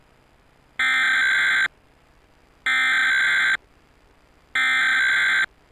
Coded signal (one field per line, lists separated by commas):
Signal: Emergency Alert System (SAME) tones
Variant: header bursts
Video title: Nickelodeon National EAS Test 10/3/2018 2:30 PM EDT